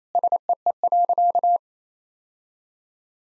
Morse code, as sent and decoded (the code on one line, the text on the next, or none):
... . . .-.-.-
SEE.